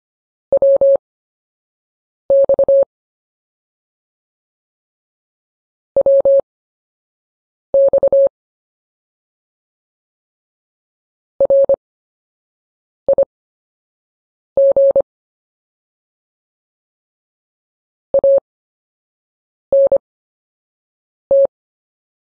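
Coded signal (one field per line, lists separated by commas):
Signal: Morse code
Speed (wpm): 25 wpm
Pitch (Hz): 550 Hz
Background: none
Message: WX WX RIG ANT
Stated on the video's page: Morse practice of anchor words with a slow speed workout at 8 WPM.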